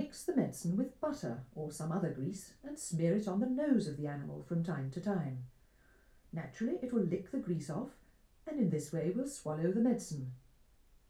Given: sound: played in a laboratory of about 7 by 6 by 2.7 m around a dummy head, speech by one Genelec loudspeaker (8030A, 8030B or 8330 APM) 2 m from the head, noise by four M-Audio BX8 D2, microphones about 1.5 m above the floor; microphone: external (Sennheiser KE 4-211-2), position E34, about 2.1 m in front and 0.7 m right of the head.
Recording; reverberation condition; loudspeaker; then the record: female speech in English; low; 30 degrees to the left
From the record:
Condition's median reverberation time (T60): about 310 ms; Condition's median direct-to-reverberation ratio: about 3.5 dB